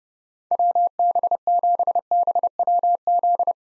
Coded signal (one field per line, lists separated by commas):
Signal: Morse code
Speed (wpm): 30 wpm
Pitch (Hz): 700 Hz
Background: none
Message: WB7BWZ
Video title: 2023 SOTA Chaser Call Signs - 30wpm